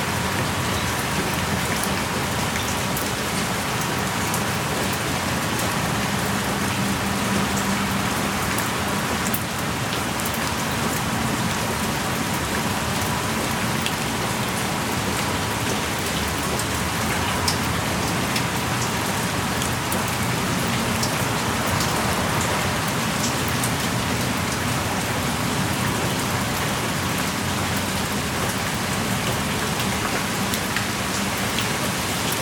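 Heavy rain pours down in a forest, a steady, dense hiss that fills the whole 32 seconds without letting up. Bright drops patter and tick on surfaces over a softer, lower wash of rainfall.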